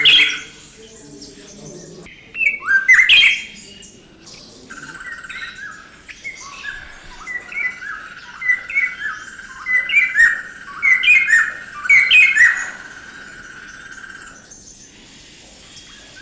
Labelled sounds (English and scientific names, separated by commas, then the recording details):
White-browed Robin-Chat (Cossypha heuglini) song
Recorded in captivity
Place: Zoo Berlin, Berlin, DE
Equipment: Halbspur, 9,5 cm/s
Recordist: Lütgens, Hans
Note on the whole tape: Gesang